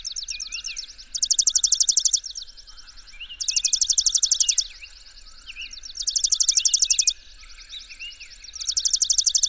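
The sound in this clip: Bird song with four bursts of rapid high trilled notes, each about a second long, roughly every two and a half seconds, with scattered lower chirps between.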